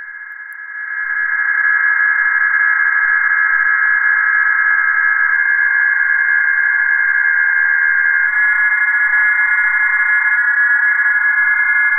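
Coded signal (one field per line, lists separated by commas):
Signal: PSK31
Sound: several faint warbling tones at once over steady band-limited hiss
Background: radio static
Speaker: very close and still maintain a communication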